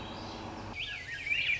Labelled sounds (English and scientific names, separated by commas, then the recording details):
Swainson's Thrush (Catharus ustulatus)
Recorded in Sonoma County, California